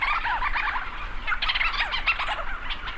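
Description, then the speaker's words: Leach's storm petrels in a thick overlapping chorus of rapid chattering, rising-and-falling notes, a steady busy din without pauses. Thousands circling overhead at night, swooping and calling, on Great Island off Newfoundland, North Atlantic Ocean. "storm petrels circle overhead, swooping and calling into the night. Lang Elliott captured these sounds."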